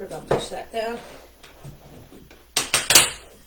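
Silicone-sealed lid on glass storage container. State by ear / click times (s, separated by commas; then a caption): seated / 2.6 s, 2.7 s, 2.9 s. A silicone-rimmed lid is pushed down onto a glass food storage container while someone talks. Three sharp snaps are heard at about 2.6, 2.7 and 2.9 seconds as the lid snaps into place and seals.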